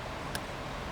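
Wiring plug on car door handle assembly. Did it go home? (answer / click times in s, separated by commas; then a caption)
released / 0.3 s. A wiring plug on an Audi RS7 car door handle assembly is unclipped during removal of the handle. Against steady broadband background noise, a single short, sharp click sounds at 0.4 s as the connector releases.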